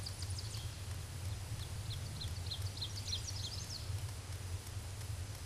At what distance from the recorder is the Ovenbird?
about 110 m